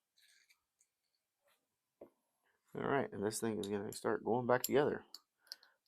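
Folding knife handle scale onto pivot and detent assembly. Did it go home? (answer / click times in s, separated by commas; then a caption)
yes / 5.5 s. During reassembly of a titanium Kansept Loki folding knife, the handle side is pressed back onto the pivot after the washer or bearing and the greased detent ball are in place. Someone talks while a few faint taps sound. A sharp click at 5.5 s marks the handle scale snapping into place, seated.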